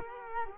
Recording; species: mosquito wingbeat signal from an infrared sensor; Culex quinquefasciatus